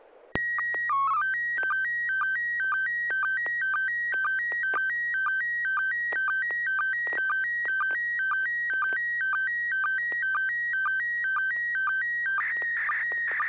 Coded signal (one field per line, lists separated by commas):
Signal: SSTV (slow-scan television)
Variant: PD 120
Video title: N6NA SSTV Net - 12/03/2025